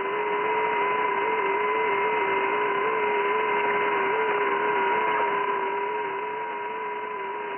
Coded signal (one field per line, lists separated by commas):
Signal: FT8